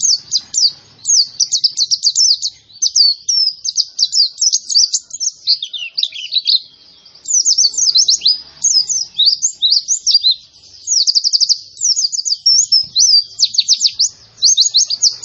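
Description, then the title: White-eye pouring out a continuous, hurried twitter of high, thin chirps and slurred notes with only brief pauses. Young bird; described as gacor, meaning singing vigorously and continuously. "Pleci Gacor. Anakan Pleci"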